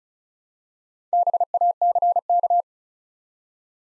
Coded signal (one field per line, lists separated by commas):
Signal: Morse code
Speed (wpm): 36 wpm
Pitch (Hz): 700 Hz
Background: none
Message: BACK